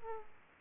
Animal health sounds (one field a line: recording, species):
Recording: mosquito wingbeat signal from an infrared sensor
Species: Aedes aegypti